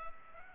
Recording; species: mosquito wingbeat signal from an infrared sensor; Culex pipiens